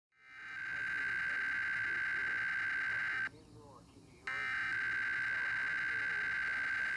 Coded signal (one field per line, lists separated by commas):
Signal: Emergency Alert System (SAME) tones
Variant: header bursts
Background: speech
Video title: WQBU Required Weekly Test (6/29/20)